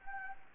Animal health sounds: mosquito wingbeat signal from an infrared sensor; Anopheles gambiae

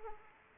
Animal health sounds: mosquito wingbeat signal from an infrared sensor; Anopheles arabiensis

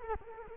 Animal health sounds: mosquito wingbeat signal from an infrared sensor; Culex quinquefasciatus

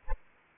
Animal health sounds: mosquito wingbeat signal from an infrared sensor; Anopheles arabiensis

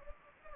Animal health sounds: mosquito wingbeat signal from an infrared sensor; Anopheles gambiae

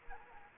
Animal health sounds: mosquito wingbeat signal from an infrared sensor; Anopheles arabiensis

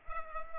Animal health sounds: mosquito wingbeat signal from an infrared sensor; Culex pipiens

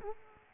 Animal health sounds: mosquito wingbeat signal from an infrared sensor; Aedes aegypti

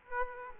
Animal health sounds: mosquito wingbeat signal from an infrared sensor; Aedes aegypti

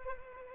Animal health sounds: mosquito wingbeat signal from an infrared sensor; Culex pipiens

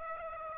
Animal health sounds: mosquito wingbeat signal from an infrared sensor; Aedes aegypti

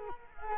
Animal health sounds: mosquito wingbeat signal from an infrared sensor; Culex quinquefasciatus

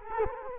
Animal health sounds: mosquito wingbeat signal from an infrared sensor; Culex quinquefasciatus

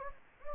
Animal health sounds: mosquito wingbeat signal from an infrared sensor; Anopheles gambiae

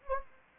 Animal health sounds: mosquito wingbeat signal from an infrared sensor; Anopheles gambiae

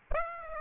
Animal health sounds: mosquito wingbeat signal from an infrared sensor; Aedes aegypti

